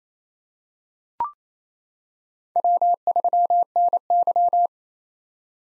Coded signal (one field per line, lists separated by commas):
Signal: Morse code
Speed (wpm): 27 wpm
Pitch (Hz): 700 Hz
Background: none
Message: W3NY